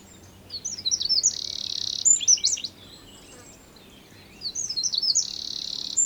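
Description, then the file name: Eurasian wren singing a fast, high-pitched outpouring of trilled notes with a sustained buzzy rattle, then a second song starting about two seconds after the first ends. "Troglodytes troglodytes"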